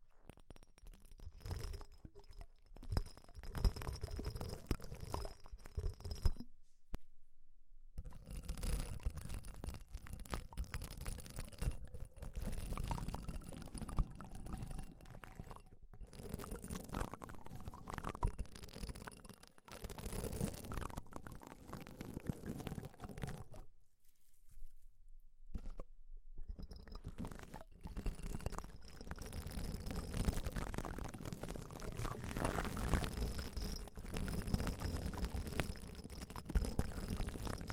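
Deep ear cleaning sounds: muffled scraping and rumbling rubs fill most of the clip, low and dense with crackly, crunchy detail. Short silent gaps break it up around six to eight seconds and again near twenty-four seconds before the scratching resumes.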